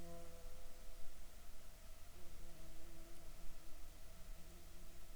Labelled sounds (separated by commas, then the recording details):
insects
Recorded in the Arctic National Wildlife Refuge, Alaska, on 7 July 2019 at 19:37
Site 41